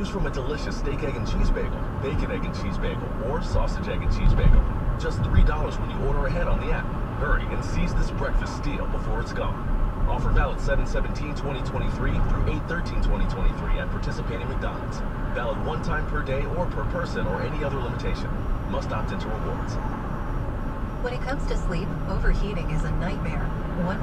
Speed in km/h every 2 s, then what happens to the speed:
50, 50, 55, 56, 58, 58, 58, 58, 58, 58, 56, 58.
0-7 speeds up to 58. 7-24 steady at about 58.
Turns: none.